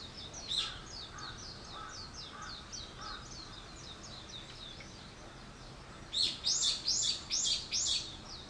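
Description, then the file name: Bird calls: a stream of quick high chirps, then five loud arched chirps in quick succession near the end. "wild bird"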